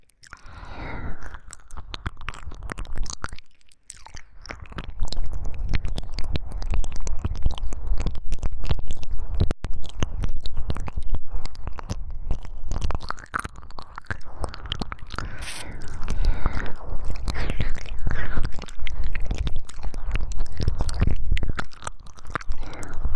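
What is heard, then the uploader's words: Wet ear licking with dense, constant smacking and squishy clicks. After a brief quiet gap near four seconds, the sound turns louder and fuller, with a heavy low rumble beneath a busy stream of moist, crackling mouth sounds. 3DIO舔耳 | 耳舐め | Ear Licking | NO Talking.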